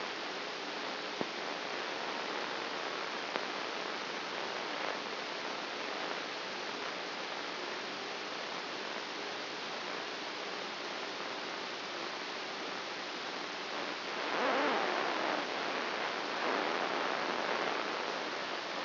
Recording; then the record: brain microelectrode recording played as sound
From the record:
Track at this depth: inside the subthalamic nucleus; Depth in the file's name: 2.604 mm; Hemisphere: right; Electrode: 2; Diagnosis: Parkinson's disease